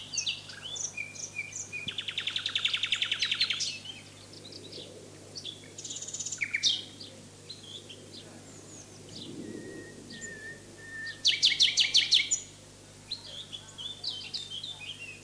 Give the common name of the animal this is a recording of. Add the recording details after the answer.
Common Nightingale. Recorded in the wild. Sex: male. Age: adult. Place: Lübars, Sprintsteig, Berlin, DE. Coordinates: 52.6167, 13.3481. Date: 2006-04-30 19:24. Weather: sunny, 12°C. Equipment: Grundig CR 110, Sennheiser ME 80, Kopie Uher 4000 Report Monitor. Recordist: Tembrock, Günter